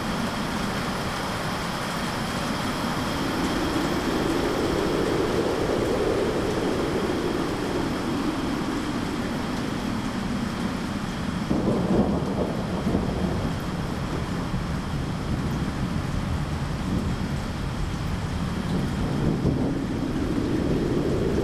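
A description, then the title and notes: Wind and rain on a stormy day make a dense, steady roar with a slow swelling rumble that rises and falls in low gusts. Around twelve seconds and again near twenty, brief louder surges pass, with a faint steady hiss above throughout. Windy and Rainy Day.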